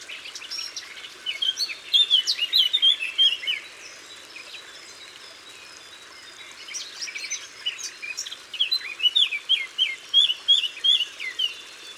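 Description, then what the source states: Eurasian blackcap song in a busy chorus: bursts of rapid fluty, warbling notes near the start and again after a pause, with many other birds chirping throughout. Recorded in Isère, France.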